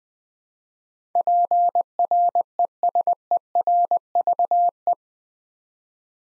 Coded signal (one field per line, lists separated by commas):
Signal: Morse code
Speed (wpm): 20 wpm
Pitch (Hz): 700 Hz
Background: none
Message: PRESERVE